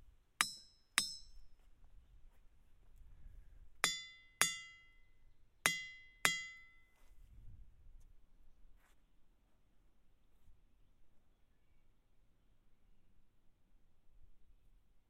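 Hammer strikes on ringing rocks come in three pairs over the first seven seconds, each a bright metallic ping fading quickly, then near silence.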